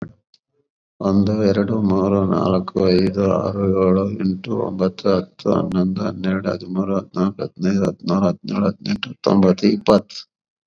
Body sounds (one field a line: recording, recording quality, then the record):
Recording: counting at a normal pace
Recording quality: excellent, no background noise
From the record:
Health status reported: COVID-19 positive, mild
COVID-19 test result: positive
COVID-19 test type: RT-PCR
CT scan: not taken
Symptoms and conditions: cough, sore throat, fever, fatigue, muscle pain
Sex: male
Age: 55 years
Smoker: no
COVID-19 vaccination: both doses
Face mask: not worn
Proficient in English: yes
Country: India